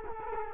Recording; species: mosquito wingbeat signal from an infrared sensor; Culex quinquefasciatus